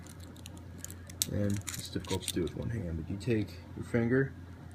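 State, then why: Not seated. A person handles a metal Smith & Wesson M&P Lever Lock Model 300p handcuff, using a finger on its small spring-activated double-lock lever while someone talks over a low steady hum. A few faint, sharp handling ticks come early and another right at the very end. The lever has not snapped on yet and nothing has seated or clicked, so the cuff is not yet double locked.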